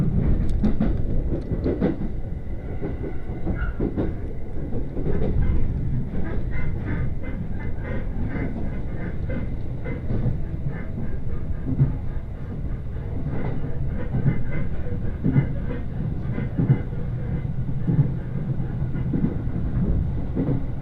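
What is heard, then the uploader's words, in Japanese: Inside a crowded Uetsu Line train from Ugo-Honjō to Akita, a steady low rumble runs throughout with faint clacking and brief squeaks. 耳で楽しむ鉄道旅 羽越本線 羽後本荘→秋田。今度は桂根駅を通過する列車なので１つ停車駅が少なくなります。羽後本荘で沢山乗車しているので車内が混雑しています。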